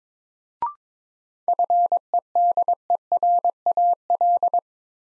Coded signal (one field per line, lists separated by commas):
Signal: Morse code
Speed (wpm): 21 wpm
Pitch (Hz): 700 Hz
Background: none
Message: FEDERAL